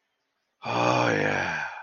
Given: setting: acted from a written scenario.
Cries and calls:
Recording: vocal sound without words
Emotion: ecstasy

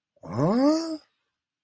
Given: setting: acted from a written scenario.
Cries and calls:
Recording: vocal sound without words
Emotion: realization

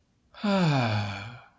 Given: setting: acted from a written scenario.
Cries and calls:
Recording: vocal sound without words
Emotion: serenity

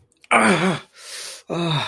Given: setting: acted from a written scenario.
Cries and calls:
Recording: vocal sound without words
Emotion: pain

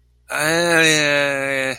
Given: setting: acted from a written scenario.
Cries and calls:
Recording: vocal sound without words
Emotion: confusion

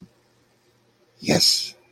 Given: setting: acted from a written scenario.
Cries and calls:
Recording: vocal sound without words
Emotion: pride

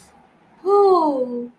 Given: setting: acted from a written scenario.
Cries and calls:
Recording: vocal sound without words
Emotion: realization

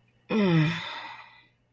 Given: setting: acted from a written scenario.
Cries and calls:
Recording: vocal sound without words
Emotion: shame

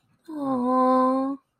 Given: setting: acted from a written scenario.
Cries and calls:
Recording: vocal sound without words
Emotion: disappointment

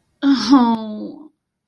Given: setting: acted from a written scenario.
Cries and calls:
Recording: vocal sound without words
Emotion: sympathy

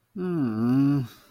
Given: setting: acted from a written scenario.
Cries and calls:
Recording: vocal sound without words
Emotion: guilt

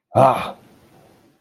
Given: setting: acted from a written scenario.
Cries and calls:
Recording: vocal sound without words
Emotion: triumph

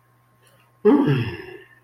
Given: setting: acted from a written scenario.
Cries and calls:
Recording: vocal sound without words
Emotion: relief

